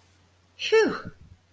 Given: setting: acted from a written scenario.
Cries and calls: vocal sound without words; relief

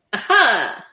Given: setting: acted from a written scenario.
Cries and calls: vocal sound without words; triumph

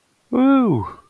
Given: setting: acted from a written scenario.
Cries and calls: vocal sound without words; awe

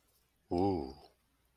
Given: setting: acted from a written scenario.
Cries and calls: vocal sound without words; romantic love

